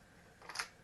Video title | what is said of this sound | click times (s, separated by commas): [Build Breakdown] OG Alpha Tooper with a Spas-12 Twist | it comes down clicks | 0.6 s